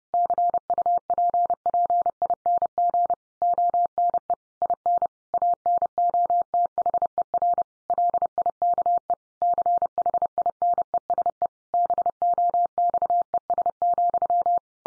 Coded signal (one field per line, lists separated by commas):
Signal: Morse code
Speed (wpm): 30 wpm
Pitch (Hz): 700 Hz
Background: none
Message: CUPPING ONE IN ANOTHER LIKE CHINESE BOXES,